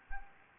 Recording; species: mosquito wingbeat signal from an infrared sensor; Anopheles gambiae